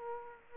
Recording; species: mosquito wingbeat signal from an infrared sensor; Aedes aegypti